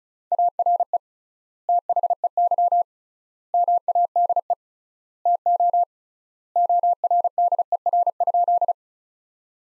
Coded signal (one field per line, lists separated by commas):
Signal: Morse code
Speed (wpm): 36 wpm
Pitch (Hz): 700 Hz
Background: none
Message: ARE THEY MADE TO ORDER?